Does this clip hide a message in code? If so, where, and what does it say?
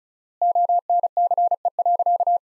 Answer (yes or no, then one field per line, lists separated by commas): yes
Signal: Morse code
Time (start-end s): 0.4-2.4 s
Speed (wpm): 36 wpm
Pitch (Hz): 700 Hz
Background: none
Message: ONCE.